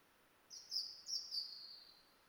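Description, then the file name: European robin song: a single thin, very high phrase of several sliding notes that trail off gently. "Erithacus rubecula"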